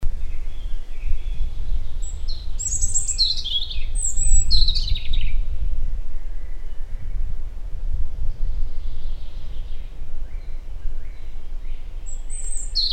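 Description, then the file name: European robin song: a cluster of shrill, rapidly changing high notes between two and five seconds, fainter twitters later, with a strong low rumble throughout. "Erithacus rubecula"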